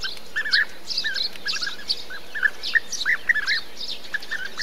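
Bee-eater calls: short rolling, purring notes repeated in a quick series.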